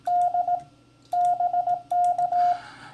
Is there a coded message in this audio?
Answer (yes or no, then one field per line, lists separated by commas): yes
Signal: Morse code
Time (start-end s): 0.1-2.5 s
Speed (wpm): 18 wpm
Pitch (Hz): 710 Hz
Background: radio noise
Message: D BK